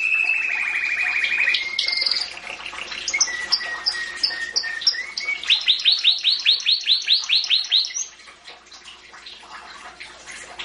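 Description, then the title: Domestic canary song: a fast rolling trill, then a long low whistle with high chip notes, then rapid rising sweeps that fade to quiet chatter. Champion singing canary. "k3n4riJuara2"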